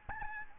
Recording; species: mosquito wingbeat signal from an infrared sensor; Aedes albopictus